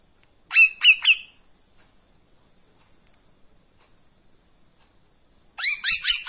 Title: KAPAS TEMBAK GACOR TEMBAKAN DAN BESETAN PANJANG MASTERAN MURAI BATU PASTOL